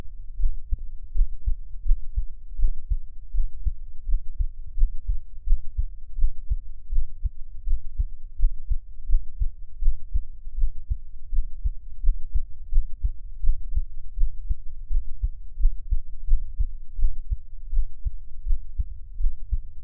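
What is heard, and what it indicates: Soft, deep thumps repeat at roughly 85 beats a minute throughout, with no talking. This is an adult's heartbeat heard close up for ASMR relaxation listening, best heard on headphones, with a faint low hum underneath.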